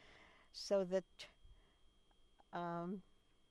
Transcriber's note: none